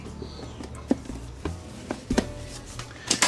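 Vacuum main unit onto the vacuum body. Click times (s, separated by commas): 3.1 s, 3.2 s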